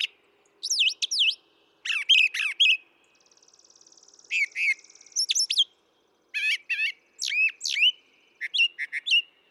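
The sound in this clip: Brown thrasher song mixing twisting whistles, harsh chatters and a soft rapid trill, phrases often given in pairs, with short pauses between.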